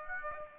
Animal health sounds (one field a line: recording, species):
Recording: mosquito wingbeat signal from an infrared sensor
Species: Aedes aegypti